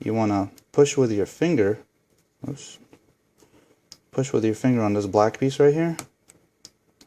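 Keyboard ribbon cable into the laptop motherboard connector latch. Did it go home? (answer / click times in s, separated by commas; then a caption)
yes / 6.7 s. A keyboard ribbon cable on a Toshiba Satellite L755D-S5163 laptop is laid flat and even in the motherboard connector, and the black plastic locking tab is pushed down with a finger while someone talks. Faint ticks follow after the speech, and a sharp click at 6.7 s marks the latch seating the cable.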